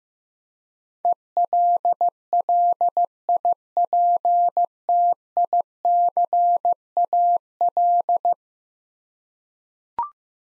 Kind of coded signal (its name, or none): Morse code